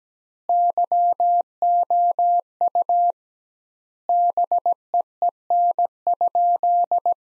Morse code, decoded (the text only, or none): YOU BEEN?